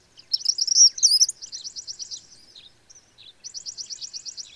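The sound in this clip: Bird song: high, thin trills and rapid repeated notes, with a bright warbled phrase near the start and a second fast trill series after a short pause.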